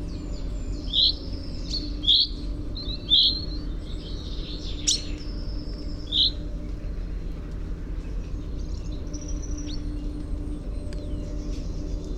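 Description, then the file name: Common chaffinch calls: short bright metallic notes, four in the first seven seconds, then stopping. "Fringilla coelebs"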